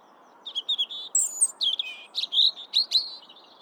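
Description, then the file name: European robin singing a rapid, varied phrase of thin high warbles and sharp upslurred notes, some very high-pitched, over a faint steady background hiss. "Erithacus rubecula"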